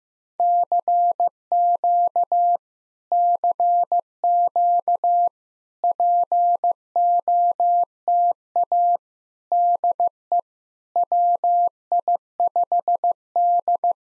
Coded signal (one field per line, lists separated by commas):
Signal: Morse code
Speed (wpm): 15 wpm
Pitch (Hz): 700 Hz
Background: none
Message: CQ CQ POTA DE WI5D